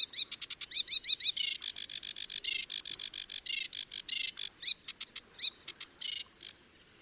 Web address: chant didier collin phragmite des joncs